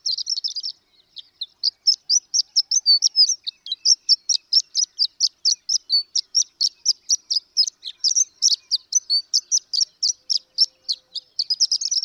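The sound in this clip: Horned lark song: a short opening phrase, a pause, then an extended, evenly paced series of thin, high, tinkling notes.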